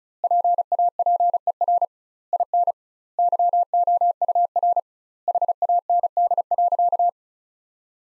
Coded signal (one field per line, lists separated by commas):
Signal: Morse code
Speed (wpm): 36 wpm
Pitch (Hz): 700 Hz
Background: none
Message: PAPER IN YOUR HAND.